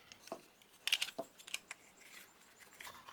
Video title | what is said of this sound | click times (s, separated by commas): Remote Control Your 3D Printer - OctoPi/OctoPrint | and i think this just snaps in place holds into place | 0.9 s